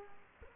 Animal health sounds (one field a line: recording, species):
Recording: mosquito wingbeat signal from an infrared sensor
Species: Culex quinquefasciatus